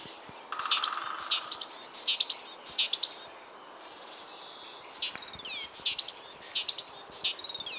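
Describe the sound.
Great tit calls: bursts of sharp, high downslurred notes in quick succession, a short low buzzy note early on, a pause of about a second and a half, then the rapid notes resume.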